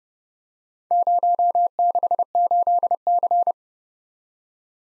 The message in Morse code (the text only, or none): 068C